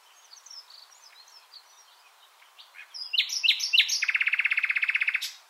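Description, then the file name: Common nightingale singing soft scattered whistles, then a loud varied phrase ending in a rapid, even, rattling trill of repeated notes. "Luscinia megarhynchos"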